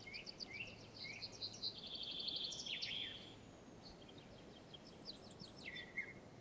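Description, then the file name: Eurasian blackcap song: a fast, twittering warble of high notes running for about three seconds, then a brief pause and a shorter whistled phrase, over faint steady hiss. "Sylvia atricapilla"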